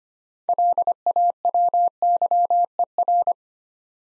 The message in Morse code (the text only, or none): LAWYER